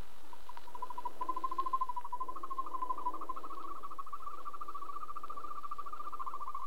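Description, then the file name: European green toad calling: one long, even, purring trill of fast pulses at a steady mid pitch, running unbroken for several seconds and rising slightly partway through. "grønbroget-tudse"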